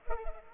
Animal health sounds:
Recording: mosquito wingbeat signal from an infrared sensor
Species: Culex pipiens

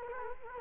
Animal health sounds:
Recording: mosquito wingbeat signal from an infrared sensor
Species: Culex quinquefasciatus

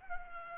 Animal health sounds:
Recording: mosquito wingbeat signal from an infrared sensor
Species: Culex pipiens

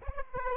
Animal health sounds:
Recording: mosquito wingbeat signal from an infrared sensor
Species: Aedes aegypti

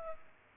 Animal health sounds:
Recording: mosquito wingbeat signal from an infrared sensor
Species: Culex pipiens

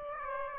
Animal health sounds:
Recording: mosquito wingbeat signal from an infrared sensor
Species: Aedes aegypti

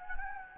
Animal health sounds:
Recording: mosquito wingbeat signal from an infrared sensor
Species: Anopheles gambiae

